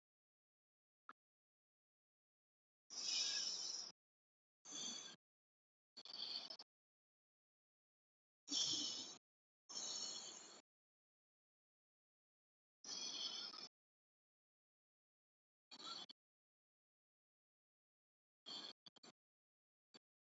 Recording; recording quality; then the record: deep breathing; excellent, no background noise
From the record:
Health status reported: healthy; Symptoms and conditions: none ticked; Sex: female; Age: 54 years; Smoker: not ticked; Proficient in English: yes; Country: India